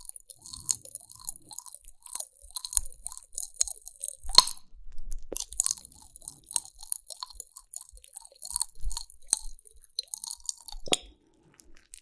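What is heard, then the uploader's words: Close-up eating sounds: continuous crisp, bright crunching and chewing with frequent sharp bites, briefly pausing near four and eleven seconds. ASMR EATING SOUNDS 5 ASMR FOODS (No Talking).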